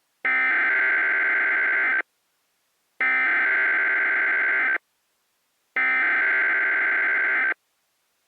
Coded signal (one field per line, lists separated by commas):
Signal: Emergency Alert System (SAME) tones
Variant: header bursts